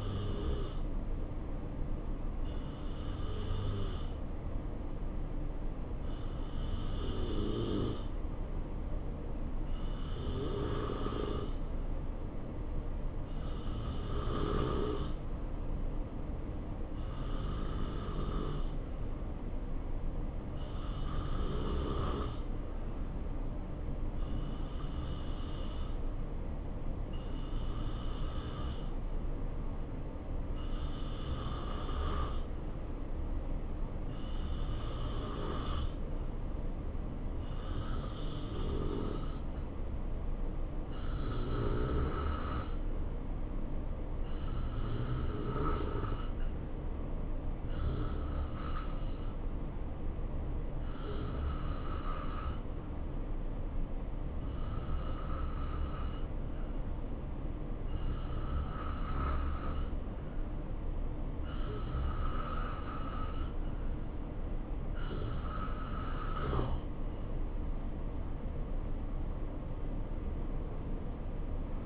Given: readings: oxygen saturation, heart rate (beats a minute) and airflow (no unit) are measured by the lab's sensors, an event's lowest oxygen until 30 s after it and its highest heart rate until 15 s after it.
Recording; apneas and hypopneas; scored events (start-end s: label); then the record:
breathing in sleep by a smartphone at the bedside; none
none scored
From the record:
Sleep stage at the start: N2 (light sleep); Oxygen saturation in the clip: 90 to 92%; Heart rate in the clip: 65 to 73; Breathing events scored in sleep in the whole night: 277 in 7.4 hours asleep